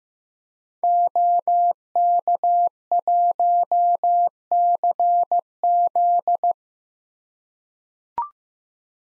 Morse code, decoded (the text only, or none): OK1CZ